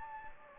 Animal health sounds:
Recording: mosquito wingbeat signal from an infrared sensor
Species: Anopheles gambiae

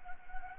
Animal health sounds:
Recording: mosquito wingbeat signal from an infrared sensor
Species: Anopheles gambiae

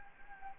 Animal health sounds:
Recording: mosquito wingbeat signal from an infrared sensor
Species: Anopheles gambiae

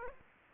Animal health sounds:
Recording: mosquito wingbeat signal from an infrared sensor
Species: Aedes aegypti

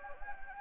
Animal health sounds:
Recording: mosquito wingbeat signal from an infrared sensor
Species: Anopheles gambiae

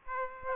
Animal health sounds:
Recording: mosquito wingbeat signal from an infrared sensor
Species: Aedes aegypti

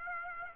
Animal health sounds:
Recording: mosquito wingbeat signal from an infrared sensor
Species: Aedes aegypti

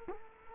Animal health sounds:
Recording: mosquito wingbeat signal from an infrared sensor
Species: Culex quinquefasciatus

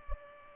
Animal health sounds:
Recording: mosquito wingbeat signal from an infrared sensor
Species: Culex pipiens

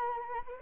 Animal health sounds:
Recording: mosquito wingbeat signal from an infrared sensor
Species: Anopheles arabiensis

